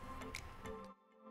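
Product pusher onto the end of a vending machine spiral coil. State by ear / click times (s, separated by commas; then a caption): not seated / none. A plastic product pusher is being handled at the end of a vending machine's wire spiral coil, with music playing throughout and a few light ticks, the sharpest at about 0.4 s. The clip ends before the pusher goes home, so nothing has seated or snapped into place yet.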